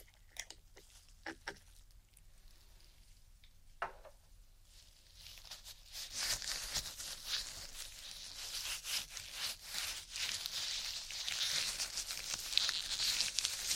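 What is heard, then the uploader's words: Close ear-trigger sounds: for the first five seconds, sparse soft taps and clicks sit over near silence. From about six seconds a dense, bright rubbing and rustling takes over, growing louder and busier to the end, with moist, crackly textures very near the ear. ASMR INTENSE Ear Attention Triggers (Tapping, Rubbing, Cupping, Lotion, Latex).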